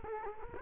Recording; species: mosquito wingbeat signal from an infrared sensor; Culex quinquefasciatus